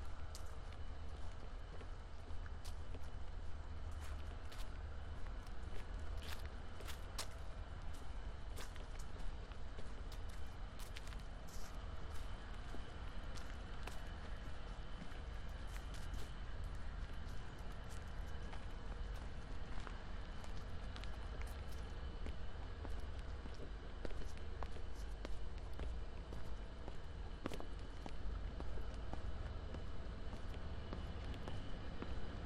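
A walk through Marpole, with a steady roar of traffic filling the low end for the whole stretch. Sharp clicks and knocks come through often, scattered unevenly across the half minute, and faint voices seem to surface now and then over the constant rumble.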